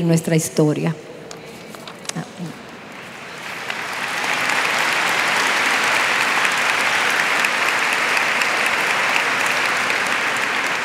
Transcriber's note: applause